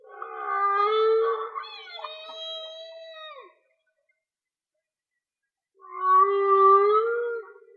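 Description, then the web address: Whale song with harmonic moaning notes, some falling and some rising, a silent gap of about two seconds, then a long, slightly rising moan. Linked to a whale and dolphin watching page; mono. "Whale Song-colin. whale dolphin watching"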